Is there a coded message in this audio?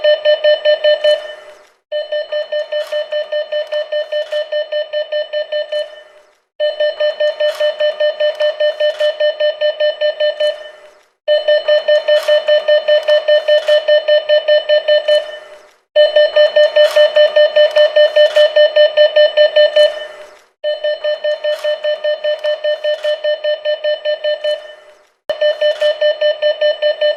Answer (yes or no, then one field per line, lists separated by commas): no